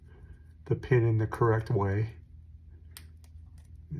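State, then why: Seated. A crimped .156 metal terminal pin is pushed into position 4 of a plastic connector housing, with its locking tab facing the correct way. Someone talks, then a sharp click at 3.0 s marks the pin popping into place and seating, followed by a few fainter ticks.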